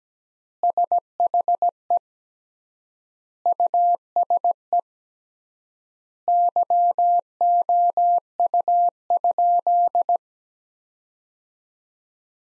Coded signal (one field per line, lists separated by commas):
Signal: Morse code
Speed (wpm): 17 wpm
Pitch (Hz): 700 Hz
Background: none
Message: SHE USE YOU?